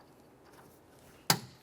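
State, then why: Seated. A speaker wiring harness connector is pressed into the door speaker of a 2011-2020 Toyota Sienna. A single sharp click is heard at 1.3 seconds, and the connector is then tugged to confirm it is properly seated and secured.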